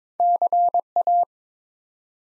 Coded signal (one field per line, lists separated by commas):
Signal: Morse code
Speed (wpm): 23 wpm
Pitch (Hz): 700 Hz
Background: none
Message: CA